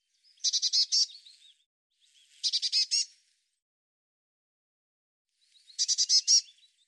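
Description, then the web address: Bird calls: three bursts of rapid, high-pitched chattering notes, each about a second long, the last after a longer pause, over a silent background. "cianscape birddata Deverinetal 2025 File cleaned normalized Bird Cy Ca"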